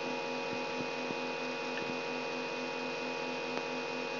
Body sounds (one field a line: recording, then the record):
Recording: brain microelectrode recording played as sound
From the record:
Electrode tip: outside the subthalamic nucleus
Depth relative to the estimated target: -8 mm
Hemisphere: left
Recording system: AlphaMap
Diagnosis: Parkinson's disease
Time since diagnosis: 12 years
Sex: female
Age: 65 years